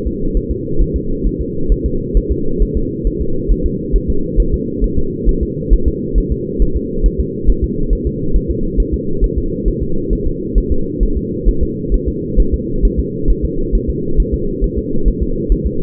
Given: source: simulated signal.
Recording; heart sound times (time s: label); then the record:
fetal heart sounds
0.07 s: S2
0.37 s: S1
0.51 s: S2
0.82 s: S1
0.96 s: S2
1.27 s: S1
1.41 s: S2
1.72 s: S1
1.86 s: S2
2.17 s: S1
2.32 s: S2
2.62 s: S1
2.77 s: S2
3.07 s: S1
3.22 s: S2
3.52 s: S1
3.66 s: S2
3.96 s: S1
4.10 s: S2
4.40 s: S1
4.54 s: S2
4.84 s: S1
4.98 s: S2
5.29 s: S1
5.43 s: S2
5.73 s: S1
5.88 s: S2
6.18 s: S1
6.32 s: S2
6.62 s: S1
6.77 s: S2
7.06 s: S1
7.20 s: S2
7.50 s: S1
7.64 s: S2
7.93 s: S1
8.07 s: S2
8.36 s: S1
8.51 s: S2
8.80 s: S1
8.94 s: S2
9.24 s: S1
9.38 s: S2
9.68 s: S1
9.83 s: S2
10.13 s: S1
10.27 s: S2
10.58 s: S1
10.72 s: S2
11.03 s: S1
11.17 s: S2
11.48 s: S1
11.63 s: S2
11.94 s: S1
12.08 s: S2
12.40 s: S1
12.54 s: S2
12.85 s: S1
13.00 s: S2
13.30 s: S1
13.45 s: S2
13.75 s: S1
13.90 s: S2
14.20 s: S1
14.34 s: S2
14.64 s: S1
14.78 s: S2
15.08 s: S1
15.23 s: S2
15.52 s: S1
15.66 s: S2
From the record:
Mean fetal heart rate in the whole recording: 135 bpm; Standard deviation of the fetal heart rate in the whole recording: 3 bpm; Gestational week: 36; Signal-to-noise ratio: -8.1 dB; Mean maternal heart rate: 72 bpm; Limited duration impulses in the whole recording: absent